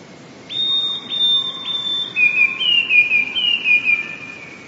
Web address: wroblowe teka spiew. wroblowe teka modraszkoteka